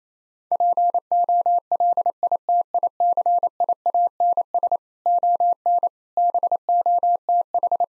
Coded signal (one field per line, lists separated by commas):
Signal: Morse code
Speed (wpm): 28 wpm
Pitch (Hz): 700 Hz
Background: none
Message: POLITICIANS ON BOTH